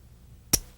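A revolver hammer is drawn back and clicks into its half-cock notch, the second of two clicks, at 0.5 s: a single sharp, loud metallic click with a bright high-frequency burst over a low hum. The hammer seats in half-cock, which lets the cylinder rotate, and a faint tick follows near the end of the clip.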